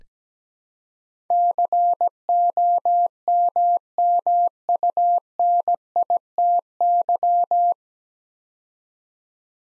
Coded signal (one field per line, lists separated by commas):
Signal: Morse code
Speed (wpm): 17 wpm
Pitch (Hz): 700 Hz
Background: none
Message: COMMUNITY